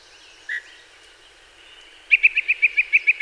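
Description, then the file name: Yellow-breasted chat giving one short, lower note, then a brisk series of crisp repeated notes. Recorded 24 May 2019. "2019-05-24 Yellow-breasted Chat"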